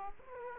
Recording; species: mosquito wingbeat signal from an infrared sensor; Aedes aegypti